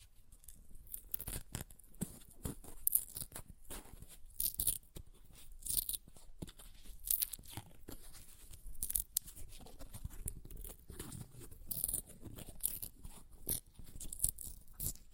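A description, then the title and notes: Paper is ripped and torn in quick, irregular bursts that crackle and crunch, each rip a sharp, bright snap. The tearing runs almost nonstop for the whole stretch, with brief pauses and louder rips around the middle and toward the end. ASMR Paper Ripping Tearing Sounds (No Talking).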